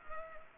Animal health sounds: mosquito wingbeat signal from an infrared sensor; Culex pipiens

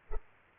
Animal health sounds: mosquito wingbeat signal from an infrared sensor; Culex pipiens

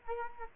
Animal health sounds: mosquito wingbeat signal from an infrared sensor; Culex quinquefasciatus

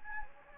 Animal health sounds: mosquito wingbeat signal from an infrared sensor; Anopheles gambiae

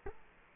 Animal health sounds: mosquito wingbeat signal from an infrared sensor; Culex quinquefasciatus

